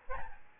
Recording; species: mosquito wingbeat signal from an infrared sensor; Aedes albopictus